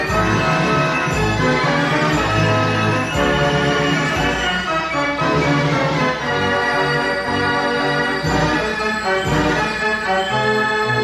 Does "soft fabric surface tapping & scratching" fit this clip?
no